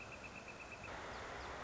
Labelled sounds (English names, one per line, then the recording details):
Northern Flicker
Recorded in Sonoma County, California